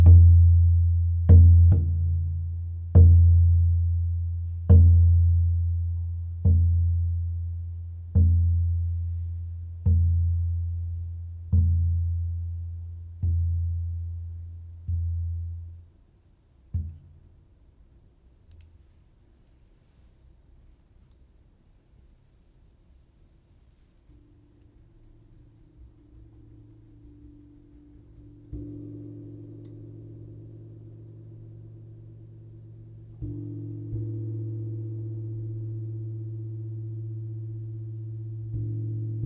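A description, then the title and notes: Deep drum-like strikes repeat about every 1.5 seconds for sixteen seconds, fade to near silence, then low steady humming tones swell in layers. A sound therapist and energy healer leads you through a sound bath meditation using gongs, drums and Tibetan singing bowls.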